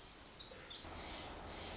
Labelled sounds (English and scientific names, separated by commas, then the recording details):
Pacific Wren (Troglodytes pacificus)
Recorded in Sonoma County, California